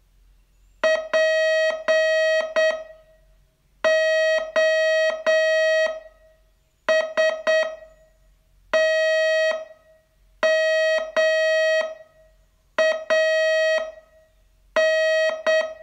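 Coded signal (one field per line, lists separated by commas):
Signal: Morse code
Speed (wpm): 8 wpm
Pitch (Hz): 640 Hz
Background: none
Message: POSTMAN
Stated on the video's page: Morse training lesson, day 27 of a 42-day course.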